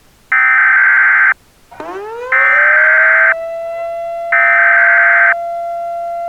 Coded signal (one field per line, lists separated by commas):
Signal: Emergency Alert System (SAME) tones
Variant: header bursts